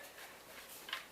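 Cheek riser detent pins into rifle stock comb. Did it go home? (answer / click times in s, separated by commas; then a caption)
yes / 0.9 s. A removable cheek riser with two 1/4 inch detent pins is pressed into the aluminum tubing holes in the comb of a custom stock on a Springfield Armory M1A Bush Rifle, after some difficulty from paint in the holes. Over a quiet, faintly hissing background, a single sharp click sounds at 0.9 s as the cheekpiece snaps on and seats.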